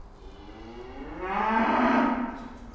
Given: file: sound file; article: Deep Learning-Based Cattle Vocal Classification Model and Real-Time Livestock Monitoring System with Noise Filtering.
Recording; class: cattle; food anticipating call